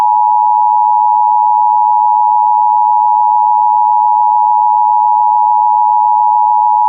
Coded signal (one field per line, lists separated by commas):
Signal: Emergency Alert System (SAME) tones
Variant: 853 and 960 Hz attention tone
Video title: [EAS] Tornado Warning Continuation into Cass County / Duluth WFO (6/19/26)